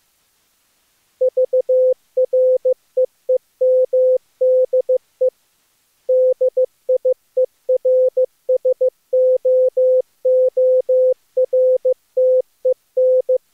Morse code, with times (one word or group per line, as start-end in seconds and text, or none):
1.2-5.3 VREEMDE
6.1-13.4 DIERSOORTEN